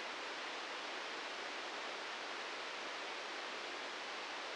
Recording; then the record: brain microelectrode recording played as sound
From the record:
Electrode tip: outside the subthalamic nucleus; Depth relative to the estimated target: 4 mm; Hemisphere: left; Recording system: NeuroSet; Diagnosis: Parkinson's disease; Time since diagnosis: 15 years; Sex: male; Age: 65 years